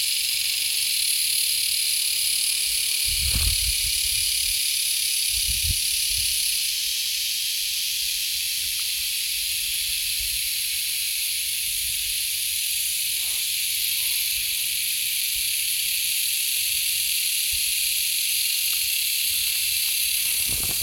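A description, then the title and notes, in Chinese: Woods at dusk fill with a dense, unbroken high insect drone, while a few soft low thumps rumble early on and near the end. 黄昏的丛林_美国兰辛市芬纳自然中心。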